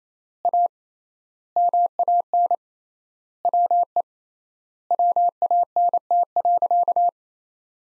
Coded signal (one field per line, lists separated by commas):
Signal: Morse code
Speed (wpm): 28 wpm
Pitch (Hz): 700 Hz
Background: none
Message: A MAN WE WANT.